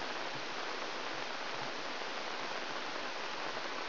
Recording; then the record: brain microelectrode recording played as sound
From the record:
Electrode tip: outside the subthalamic nucleus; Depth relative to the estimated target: -4.5 mm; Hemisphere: left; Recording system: AlphaMap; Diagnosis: Parkinson's disease